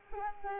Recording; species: mosquito wingbeat signal from an infrared sensor; Anopheles arabiensis